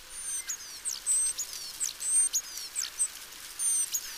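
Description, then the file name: Great tit calls: thin, very high whistled notes mixed with quick descending strokes, given in uneven bursts over a few seconds against a quiet background. "Parus major"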